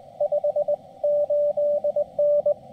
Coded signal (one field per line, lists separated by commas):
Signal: Morse code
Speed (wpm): 20 wpm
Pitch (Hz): 570 Hz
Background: radio noise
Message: 58N